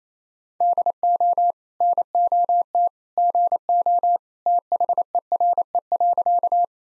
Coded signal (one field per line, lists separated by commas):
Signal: Morse code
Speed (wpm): 27 wpm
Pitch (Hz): 700 Hz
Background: none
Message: DO NOT GO THERE.